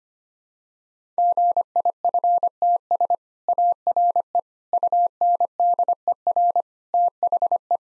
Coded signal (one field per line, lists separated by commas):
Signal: Morse code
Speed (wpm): 25 wpm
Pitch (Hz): 700 Hz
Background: none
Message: GIFTS ARE UNDER THE